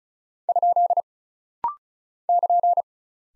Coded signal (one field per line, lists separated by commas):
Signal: Morse code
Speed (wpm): 36 wpm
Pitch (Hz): 700 Hz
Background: none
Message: ? <KN>